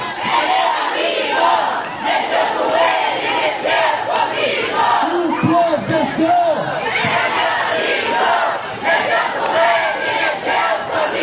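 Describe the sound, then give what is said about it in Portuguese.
A large crowd of students at Colégio Estadual Professor Mariano Camilo Paganotto, Jardim Petrópolis, northern Foz do Iguaçu, Paraná, shouting the protest cry "Professor!" together on a Tuesday morning in support of striking teachers, loud and continuous, with overlapping voices swelling in rhythmic bursts throughout. “Foi com este grito que os estudantes do Colégio Estadual Professor Mariano Camilo Paganotto, localizado no bairro Jardim Petrópolis, região norte de Foz do Iguaçu, realizaram na manhã desta terça-feira uma manifestação em apoio aos professores”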